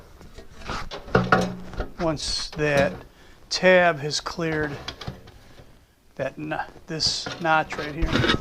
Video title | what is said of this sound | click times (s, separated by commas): Mac Toolbox Makeover | you'll hear it snap together | 1.1 s, 1.3 s